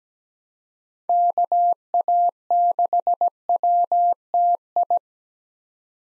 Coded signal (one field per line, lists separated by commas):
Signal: Morse code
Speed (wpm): 17 wpm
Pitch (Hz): 700 Hz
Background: none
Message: KA6WTI